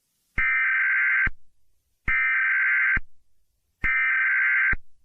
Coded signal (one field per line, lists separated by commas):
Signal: Emergency Alert System (SAME) tones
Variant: header bursts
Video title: EAS Scenario/Mock #13 - Admin/Romeo